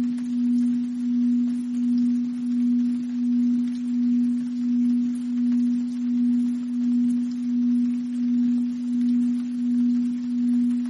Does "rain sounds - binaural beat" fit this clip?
yes